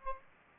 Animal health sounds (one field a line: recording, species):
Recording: mosquito wingbeat signal from an infrared sensor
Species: Aedes aegypti